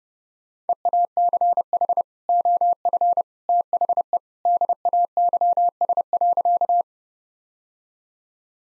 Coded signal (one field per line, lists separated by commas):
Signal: Morse code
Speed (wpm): 30 wpm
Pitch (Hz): 700 Hz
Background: none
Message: EACH OF THE DAYS.